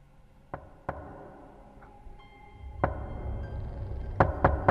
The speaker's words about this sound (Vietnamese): Tiếng gõ cửa vang lên, cắt ngang câu nói của lão Tính.